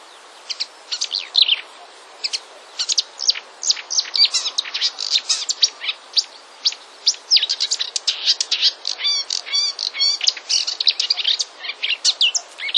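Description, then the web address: Marsh warbler singing a long, hurried stream of varied high notes, with chattering trills, rattles and whistles mixed throughout. "wroblowe kolekcja lozowka"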